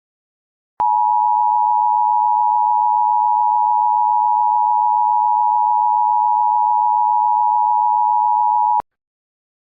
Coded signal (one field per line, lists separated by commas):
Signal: Emergency Alert System (SAME) tones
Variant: 853 and 960 Hz attention tone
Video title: EAS Simulacion - EAS Mock: why?? I DON'T HATE JESUS (REAL CASE)